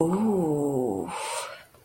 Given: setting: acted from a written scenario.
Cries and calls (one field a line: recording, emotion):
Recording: vocal sound without words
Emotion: embarrassment